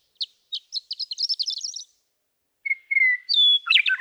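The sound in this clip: Western meadowlark song, a quickening string of short chirpy notes, then after a pause long clear whistles sliding down into a burry warble.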